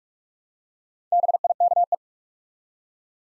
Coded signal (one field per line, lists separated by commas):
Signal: Morse code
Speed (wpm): 44 wpm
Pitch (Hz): 700 Hz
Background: none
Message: BIKE